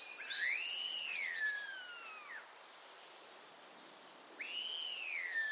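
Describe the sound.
Common starling giving two clear slurred whistles, each arching up then sliding down, separated by a quiet gap of about two seconds.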